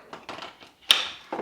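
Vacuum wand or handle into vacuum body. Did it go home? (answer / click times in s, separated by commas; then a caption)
yes / 0.9 s. A plastic part, the wand or handle of a new corded stick vacuum being unboxed, is pushed into the vacuum body. A few soft plastic rattles and handling knocks come before a sharp, bright click at 0.9 s, followed by another handling knock near the end. The part seats in the body.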